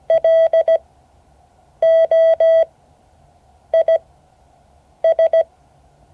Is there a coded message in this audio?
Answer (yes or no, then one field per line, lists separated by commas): yes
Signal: Morse code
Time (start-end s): 0.1-5.4 s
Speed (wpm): 17 wpm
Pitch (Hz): 1950 Hz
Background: none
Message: LOIS